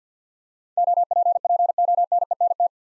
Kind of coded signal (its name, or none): Morse code